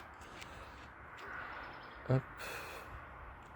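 An electrical connector with plastic side tabs is being handled into the speedometer housing of a Harley-Davidson 1200 Sportster motorcycle. Someone talks briefly around 2.1 s over a low background hiss, with soft handling rustle. Nothing has seated or clicked yet.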